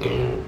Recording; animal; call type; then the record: contact call of a hoofed animal; pig; closed-mouth grunt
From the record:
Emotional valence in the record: negative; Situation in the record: short social isolation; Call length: 0.49 s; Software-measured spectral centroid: 1640 Hz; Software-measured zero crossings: 1110 a second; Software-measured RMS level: -24 dBFS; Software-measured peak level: -9 dBFS